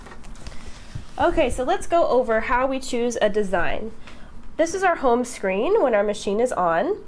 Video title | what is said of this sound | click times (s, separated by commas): Memilih Desain Jahitan - Mesin Jahit SINGER® SUPERB™ EM200 Owner's Class | you want to make sure you slide it in until it snaps into place so that the machine knows that it's connected okay | 0.2 s, 0.5 s